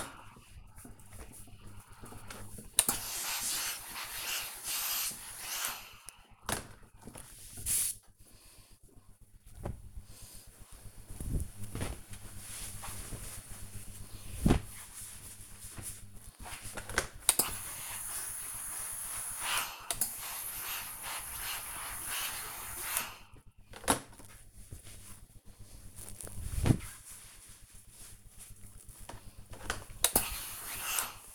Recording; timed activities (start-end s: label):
household activities, microphone on the right wrist
16.16-31.35 s: ironing laundry